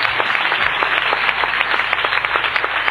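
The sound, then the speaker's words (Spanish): A crowd applauds steadily, many hands clapping in a dense, even wash of sound with faint individual claps standing out, sustained throughout without any talking, sending off a guest after his first appearance on La Casa del Rock radio in CDMX (Mexico City). “Y bueno, pues ya despedimos al buen Roquendo con estos aplausos que están viendo primeros por esa participación del día de hoy.”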